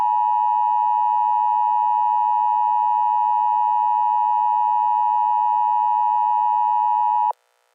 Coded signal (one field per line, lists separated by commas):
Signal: Emergency Alert System (SAME) tones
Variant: 853 and 960 Hz attention tone